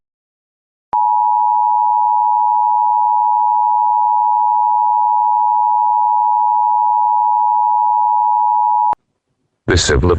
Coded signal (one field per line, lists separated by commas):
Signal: Emergency Alert System (SAME) tones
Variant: 853 and 960 Hz attention tone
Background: speech